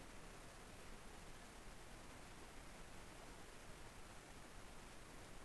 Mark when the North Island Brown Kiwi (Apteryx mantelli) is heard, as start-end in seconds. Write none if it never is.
none